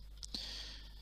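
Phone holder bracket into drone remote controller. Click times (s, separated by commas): 0.2 s, 0.3 s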